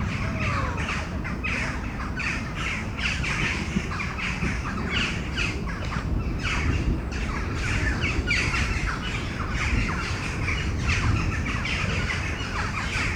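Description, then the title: Crows cawing in a dense, overlapping chorus, harsh raspy calls throughout, over a steady low rumble. Crows in Mechelen, Belgium, calling before a storm; recorded with Sony PCM-M10 internal microphones. "Domaine de Tivoli, Malines, Belgique, Belgium - Corneilles avant lorage - Crows before the storm"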